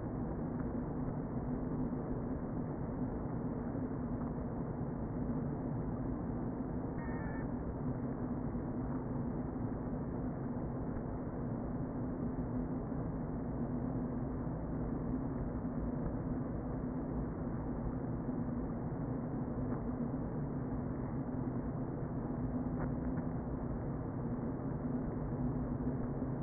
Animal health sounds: honeybee colony, microphone inside the hive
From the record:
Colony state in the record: queen present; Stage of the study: before two queens were removed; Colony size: about 60,000 bees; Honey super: yes

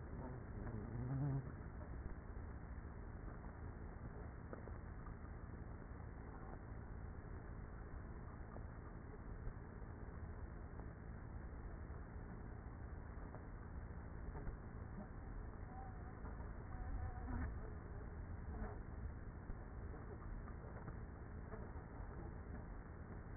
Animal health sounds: honeybee colony, microphone inside the hive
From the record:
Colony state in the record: queenless with a low population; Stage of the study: after two queens were removed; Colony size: about 30,000 bees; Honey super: no

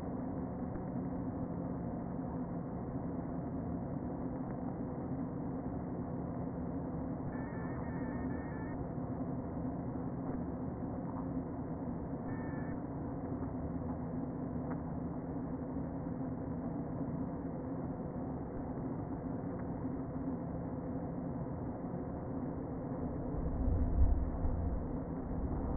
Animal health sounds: honeybee colony, microphone inside the hive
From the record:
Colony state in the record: queen present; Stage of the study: before two queens were removed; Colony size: about 60,000 bees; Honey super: yes

